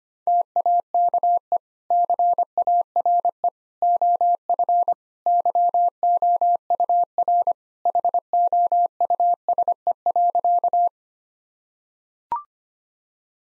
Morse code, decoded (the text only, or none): TAKE CARE OF YOUR HOUSE.